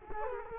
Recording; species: mosquito wingbeat signal from an infrared sensor; Culex quinquefasciatus